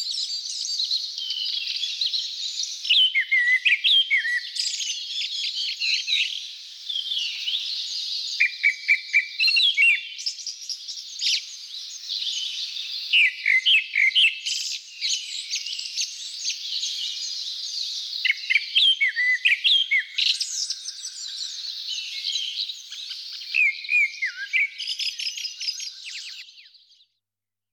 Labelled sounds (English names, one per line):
Grey-backed Thrush song